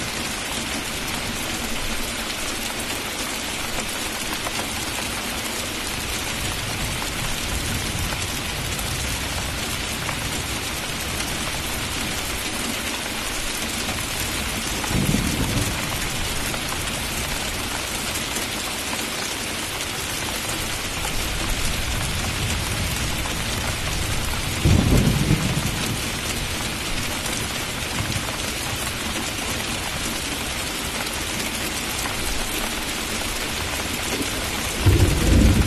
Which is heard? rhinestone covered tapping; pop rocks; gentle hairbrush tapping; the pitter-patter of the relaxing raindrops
the pitter-patter of the relaxing raindrops